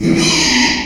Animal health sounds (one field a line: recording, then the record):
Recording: squeal of a Yucatan mini pig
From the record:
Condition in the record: after surgery on the right vocal fold (resection and tissue-engineered implant)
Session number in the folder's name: 2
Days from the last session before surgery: 13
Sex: male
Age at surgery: 12 weeks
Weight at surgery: 13 kg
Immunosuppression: cyclosporine, prednisolone